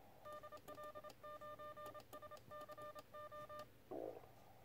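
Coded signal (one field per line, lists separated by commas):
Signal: Morse code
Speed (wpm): 27 wpm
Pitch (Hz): 1200 Hz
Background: none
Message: DL9SCO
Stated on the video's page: CW in the TRC DX Contest from a kit-built QRP Labs QCX+ transceiver at 5 watts QRP into a 2 x 13.6 m dipole.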